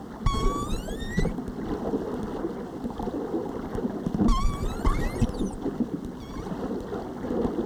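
Whale whistles, a rising harmonic-rich sweep at the start and a second burst of rising and falling whistles midway, over crackling underwater background.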